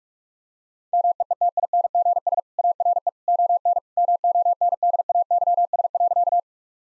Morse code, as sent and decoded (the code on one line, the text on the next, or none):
-- . . - .. -. --. ... / .- .-. . / --- -. / -- --- -. -.. .- -.-- ... .-.-.-
MEETINGS ARE ON MONDAYS.